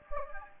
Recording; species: mosquito wingbeat signal from an infrared sensor; Anopheles gambiae